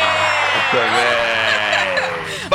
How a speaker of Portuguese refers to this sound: Cadê os aplausos? Você tem aplausos aí também, eu gosto mais. Cadê? Eu tenho. Aqui.